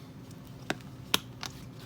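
A second plastic leg is pushed into the main body of a plastic toy droid. A sharp plastic click sounds at 1.1 s, with softer taps around it, and the leg seats in place.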